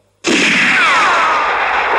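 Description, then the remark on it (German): Pistol gunfire in a film's final shootout at a cemetery erupts abruptly and continues as a loud, dense, unbroken roar of shots, the pistol's hammer struck down rapidly by hand, with a high whining tone sliding downward through it. No voices are heard. “Django selbst sorgt für das finale Shootout.”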